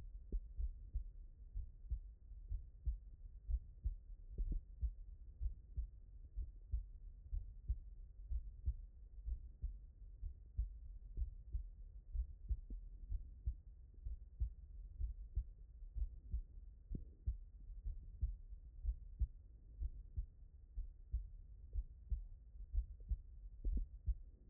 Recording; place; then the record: heart sounds by stethoscope; aortic valve (AV)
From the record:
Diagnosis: non-HFrEF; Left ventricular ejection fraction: 66%